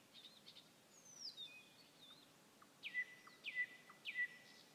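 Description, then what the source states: Nightingale song: a high thin slurred whistle, then three loud downward-sweeping notes. Nightingale song recorded on 21 May 2016.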